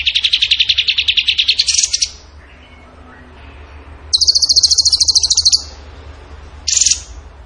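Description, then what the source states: Bird singing fast, rattling high trills in two long bursts separated by a pause, then a brief clipped trill. Vigorous (gacor) singing in the tembakan style, used in masteran training.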